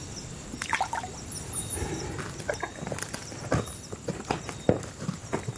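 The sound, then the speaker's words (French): A large animal, a buffalo, arrives with heavy, irregular hoof thuds and snorting, breathy exhalations over a steady background hiss, with no one speaking. “Là, c'est l'arrivée du buffle.”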